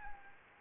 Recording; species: mosquito wingbeat signal from an infrared sensor; Anopheles gambiae